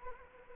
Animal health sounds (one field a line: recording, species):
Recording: mosquito wingbeat signal from an infrared sensor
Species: Anopheles arabiensis